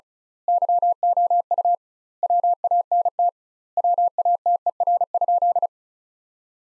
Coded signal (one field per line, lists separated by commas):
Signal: Morse code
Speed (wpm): 34 wpm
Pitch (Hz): 700 Hz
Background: none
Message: YOU WANT WATER?